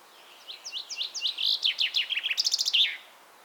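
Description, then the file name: Common chaffinch song: a run of high, rapid notes that speeds up, closing with a brief flourish, about two and a half seconds long. "Fringilla coelebs"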